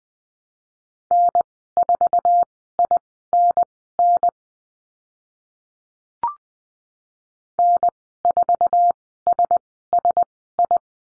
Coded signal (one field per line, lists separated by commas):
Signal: Morse code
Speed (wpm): 20 wpm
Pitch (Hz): 700 Hz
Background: none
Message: N4INN N4SSI